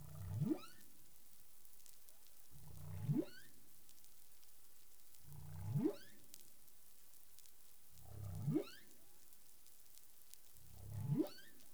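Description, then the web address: Humpback whale calls: low rumbling units that sweep quickly upward into a rising whoop, repeated a little under every three seconds, five times, over faint background crackle. Recorded 20 April 2021 at 03:32 UTC. "CARIMAM. humpback whale"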